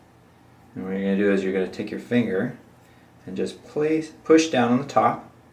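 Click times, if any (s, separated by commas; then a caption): none. Someone talks while handling the plastic scissor key hinge bracket for the T key on a 13" MacBook Pro Early 2009 Core 2 Duo 2.53 GHz, about to press it down with a finger onto the laptop keyboard's metal retaining clips until it snaps in. Only speech is heard over a quiet background, with no snaps. Nothing has seated or clicked yet.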